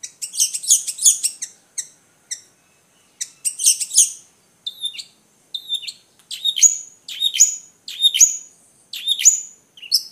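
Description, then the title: Long-tailed shrike singing very high, thin chattering bursts followed by repeated sharp whistled notes, each separated by short silences. Combination song. "Kicau Pentet Kombinasi"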